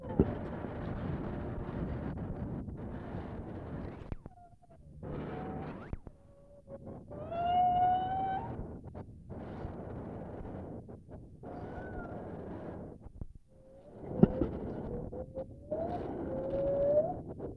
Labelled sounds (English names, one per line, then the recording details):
Lar Gibbon
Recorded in captivity
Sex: pair
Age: adult
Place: Tierpark Berlin, Berlin, DE
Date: 1967-11-18
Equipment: Uher 4200 Report Stereo, Transistorverstärker II, Sennheiser MD 421
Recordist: Tembrock, Günter